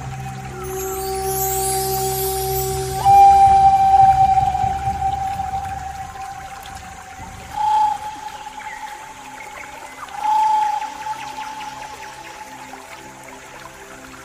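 A pan flute holds a single sustained note for nearly the whole clip, swelling louder around three, eight and ten seconds before easing back. Soft trickling water runs underneath, with a low rumble and an airy hiss in the first few seconds.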